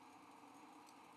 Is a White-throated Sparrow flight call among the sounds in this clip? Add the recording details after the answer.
no. No flight call is heard. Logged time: 05:12 on 5 December 2014